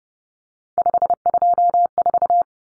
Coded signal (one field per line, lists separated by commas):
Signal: Morse code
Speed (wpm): 30 wpm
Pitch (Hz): 700 Hz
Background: none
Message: 524